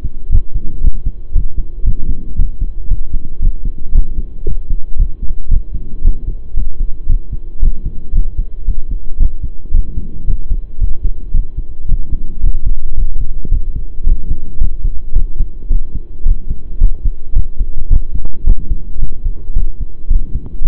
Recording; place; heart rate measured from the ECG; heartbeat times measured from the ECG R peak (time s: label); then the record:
heart sounds by stethoscope; between the tricuspid and mitral areas; 112 bpm
0.31 s: heartbeat
0.83 s: heartbeat
1.34 s: heartbeat
1.85 s: heartbeat
2.38 s: heartbeat
2.89 s: heartbeat
3.41 s: heartbeat
3.94 s: heartbeat
4.46 s: heartbeat
4.98 s: heartbeat
5.50 s: heartbeat
6.03 s: heartbeat
6.56 s: heartbeat
7.08 s: heartbeat
7.61 s: heartbeat
8.14 s: heartbeat
8.67 s: heartbeat
9.19 s: heartbeat
9.73 s: heartbeat
10.26 s: heartbeat
10.80 s: heartbeat
11.32 s: heartbeat
11.87 s: heartbeat
12.42 s: heartbeat
12.96 s: heartbeat
13.51 s: heartbeat
14.06 s: heartbeat
14.60 s: heartbeat
15.15 s: heartbeat
15.69 s: heartbeat
16.25 s: heartbeat
16.80 s: heartbeat
17.35 s: heartbeat
17.90 s: heartbeat
18.46 s: heartbeat
19.00 s: heartbeat
19.55 s: heartbeat
20.09 s: heartbeat
20.63 s: heartbeat
From the record:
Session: pedaling a stationary bicycle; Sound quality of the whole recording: saturated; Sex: male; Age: 23 years